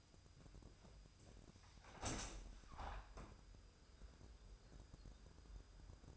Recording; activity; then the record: daily activity, microphone in the room; open window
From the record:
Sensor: 2